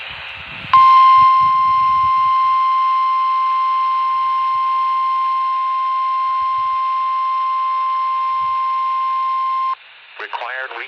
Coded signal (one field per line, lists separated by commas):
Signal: Emergency Alert System (SAME) tones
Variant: 1050 Hz attention tone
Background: speech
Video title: Required Weekly Test on 3 stations! | EAS #883 - #885